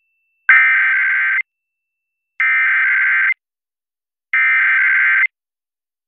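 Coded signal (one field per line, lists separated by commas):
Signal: Emergency Alert System (SAME) tones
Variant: header bursts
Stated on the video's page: Required monthly test on a Los Angeles Top 40 FM station, recorded via stream.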